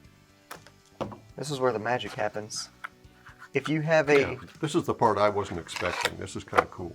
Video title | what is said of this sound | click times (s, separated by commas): Quick Tip: How to Use The Nine-Reloaded Magazine Loader | It will engage with the locks on your magazine to click in place. | 0.5 s